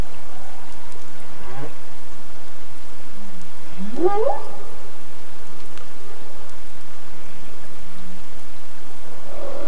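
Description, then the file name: Humpback whale song: a steep upsweeping moan climbing fast around four seconds, with low groans and faint tonal units before and after over a constant hiss of water noise. "humbpack whale song"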